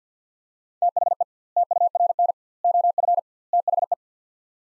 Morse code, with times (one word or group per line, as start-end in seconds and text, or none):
0.8-1.2 THE
1.6-2.3 TURN
2.6-3.2 OF
3.5-3.9 THE